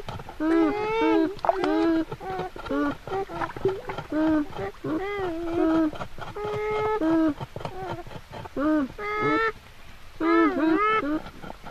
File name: American Beaver (Wild America)